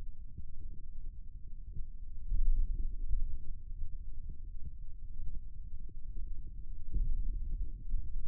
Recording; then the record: forearm muscle sounds (acoustic myography)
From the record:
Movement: hand opening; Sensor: system 2, bracelet of six BSWA MPA416 microphones around the upper forearm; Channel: 3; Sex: male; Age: 22 years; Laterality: right